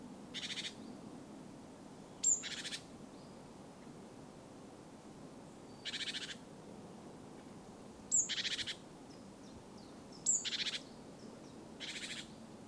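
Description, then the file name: Great tit calls: harsh, rasping bursts, some opened by a sharp high note, repeating at uneven intervals. "Parus major"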